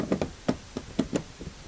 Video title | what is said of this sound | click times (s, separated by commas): Fuel Tank Float Replacement 2007-2009 Hyundai Santa Fe / Fuel Gauge Intermittent? | our other tab is going to lock in there you'll feel it snap in | 0.2 s